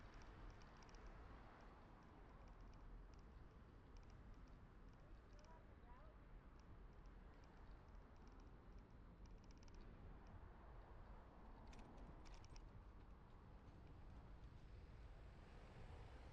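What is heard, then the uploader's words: Riding a bike along Utrecht streets, with a steady, dense low rumble of traffic and wind throughout. Faint voices come and go, and short bright clicks and rattles appear around the middle and again near twelve seconds. Ride along Utrecht streets: shopping + residential. Pedaling along bike lanes on a main street in Utrecht with a couple diversions along residential streets.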